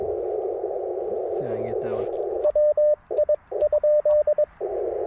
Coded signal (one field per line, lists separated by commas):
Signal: Morse code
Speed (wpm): 22 wpm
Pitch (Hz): 590 Hz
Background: speech, radio noise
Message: WI?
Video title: Morning Morse Code at Tuskegee National Forest K-4451 - 12/23/23